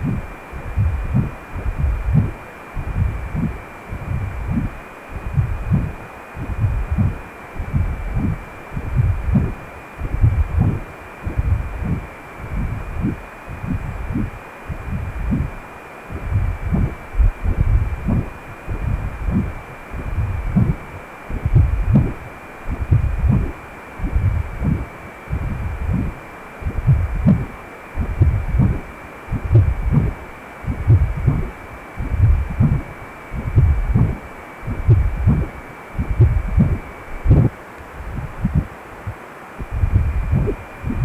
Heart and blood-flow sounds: Doppler ultrasound of blood flow; precordium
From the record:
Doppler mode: continuous wave and pulsed wave in the uncut recording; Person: healthy adult, 18 to 50 years, no heart murmur, not diving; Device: 2.5 MHz transducer

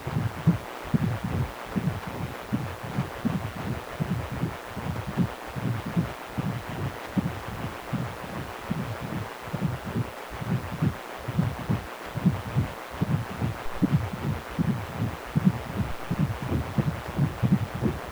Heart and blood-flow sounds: Doppler ultrasound of blood flow; precordium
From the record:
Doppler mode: continuous wave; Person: healthy adult, 18 to 50 years, no heart murmur, not diving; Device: 2.5 MHz transducer

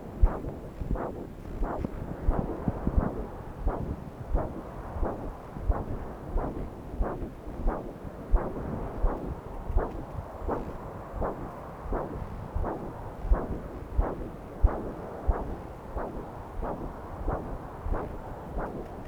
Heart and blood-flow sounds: Doppler ultrasound of blood flow; right subclavian vein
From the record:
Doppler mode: continuous wave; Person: adult scuba diver, at rest before a dive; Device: O'Dive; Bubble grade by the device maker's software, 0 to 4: 0

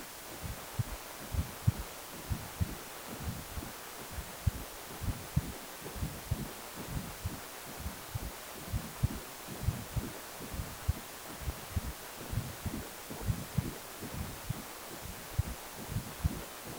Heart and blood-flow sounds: Doppler ultrasound of blood flow; precordium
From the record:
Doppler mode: continuous wave and pulsed wave in the uncut recording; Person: healthy adult, 18 to 50 years, no heart murmur, not diving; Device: 2.5 MHz transducer

